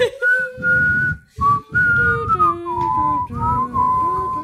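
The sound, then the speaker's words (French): Someone whistles a meandering, improvised tune as background music: long, sliding notes in a few short phrases separated by brief breaths, fairly loud with a breathy low murmur underneath. “Et sans musique de fond, donc on va la faire nous-mêmes.”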